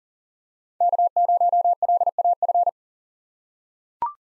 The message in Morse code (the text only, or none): K0LAF